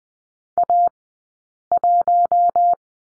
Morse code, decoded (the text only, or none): A 1